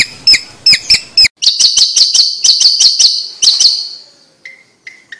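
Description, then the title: Bird voicing a handful of separate chirps, then a fast rattling series of notes, closing with soft short whistles. "Kicau Burung Yoi"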